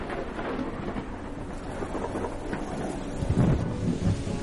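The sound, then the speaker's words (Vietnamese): Steady, heavy rain at night hisses alongside gusting wind, while a deep rumble of thunder swells and rolls low underneath, growing louder toward the end. No voices are present. “Trong đêm mưa ấy, trong tiếng mưa gió vần vũ”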